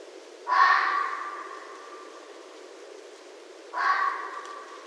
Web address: Red Fox 2011 12 07 Red Fox